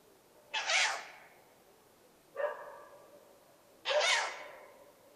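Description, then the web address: Owl giving two long, harsh, hissing screeches with a shorter, tonal, nasal call between them, over quiet background hiss. Recorded 9 October 2006. "2006 061009 fukurou"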